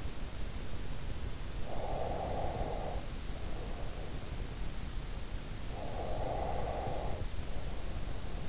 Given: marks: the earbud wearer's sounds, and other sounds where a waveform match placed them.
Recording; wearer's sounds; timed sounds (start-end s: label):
sounds in sleep by an in-ear microphone; breath
1.62-4.34 s: breath
5.72-8.49 s: breath